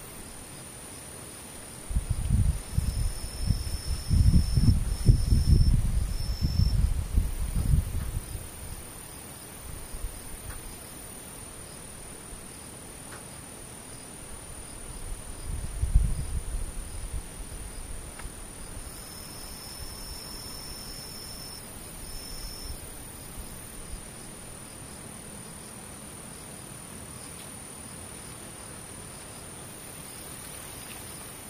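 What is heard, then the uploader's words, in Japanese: Insects drone faintly in the distance, a steady high thin whine running through the whole quiet scene. A second, lower chirring tone comes in twice, around 3–7 and 19–23 seconds. Low rumbling thuds swell from about 2 to 8 seconds and again near 16. 無音遠くにムシ。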